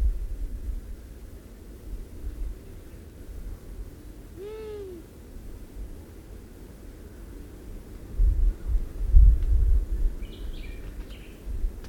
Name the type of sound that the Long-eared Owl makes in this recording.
call